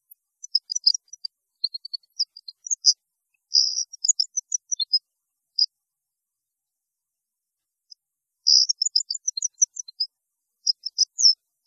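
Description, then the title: European goldfinch song: high, rapid twittering phrases of tinkling notes with buzzy bursts, two long runs separated by a few seconds of quiet. "Chant Chardonneret"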